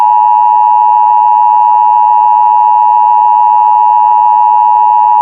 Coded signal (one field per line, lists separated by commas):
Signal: Emergency Alert System (SAME) tones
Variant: 853 and 960 Hz attention tone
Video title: EAS Scenario #3 (Remastered) The Blood Moon in collaboration with @SPCEastCoast1559